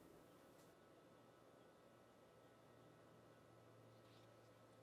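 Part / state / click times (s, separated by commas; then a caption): thread into sewing machine tension discs / not seated / none. Thread is handled at the tension pin of a Cobra Class 29-18 patching sewing machine, taken around the back of the pin toward the two metal tension discs. Only a steady low background hiss with a faint low hum is heard, with no distinct sounds. Nothing has clicked into the tension discs yet.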